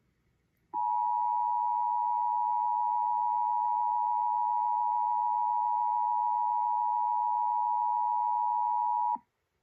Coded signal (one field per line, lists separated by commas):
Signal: Emergency Alert System (SAME) tones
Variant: 853 and 960 Hz attention tone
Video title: February 2023 Texas Required Monthly Test (EAS #286-295)